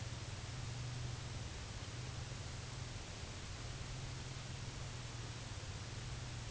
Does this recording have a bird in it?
no